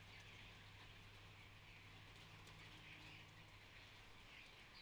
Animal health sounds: poultry house recording; healthy chickens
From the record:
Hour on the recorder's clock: 12

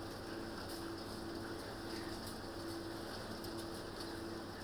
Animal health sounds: poultry house recording; healthy chickens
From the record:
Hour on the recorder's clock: 19

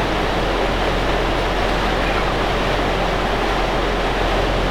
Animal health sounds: poultry house recording; no chicken sound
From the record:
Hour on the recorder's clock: 17

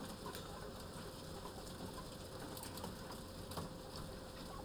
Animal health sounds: poultry house recording; healthy chickens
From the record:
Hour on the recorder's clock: 13

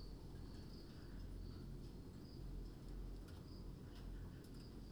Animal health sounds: poultry house recording; no chicken sound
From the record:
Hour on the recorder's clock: 21

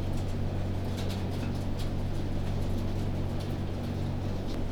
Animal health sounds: poultry house recording; no chicken sound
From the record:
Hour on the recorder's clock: 0

